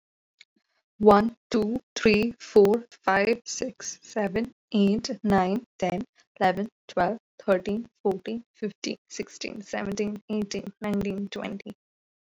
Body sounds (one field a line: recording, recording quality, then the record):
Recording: counting at a normal pace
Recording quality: excellent, no background noise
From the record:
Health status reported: healthy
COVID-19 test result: negative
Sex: female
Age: 21 years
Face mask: worn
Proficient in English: yes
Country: India